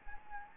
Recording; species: mosquito wingbeat signal from an infrared sensor; Anopheles gambiae